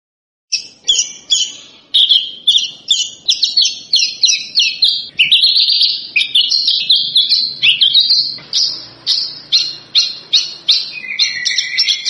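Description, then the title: Javan bush lark song, a fast run of short buzzy and chirping phrases with brief gaps, high-pitched and continuous for most of the stretch. Lure recording played to prompt birds to sing; described as gacor, meaning singing vigorously and persistently. "PANCINGAN Suara BURUNG Branjangan Gacor"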